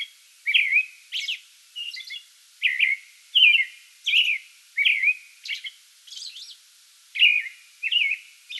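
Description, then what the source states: American robin caroling, a rapid run of short warbled whistled phrases, with occasional high thin squeaky notes between. Pre-dawn song bout, recorded 8 May 2022.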